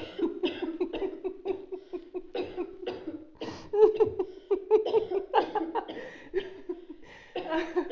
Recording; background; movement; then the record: laughter; a bystander coughing; sitting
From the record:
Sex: female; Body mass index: 21.8 kg/m2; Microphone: on the chest, facing outward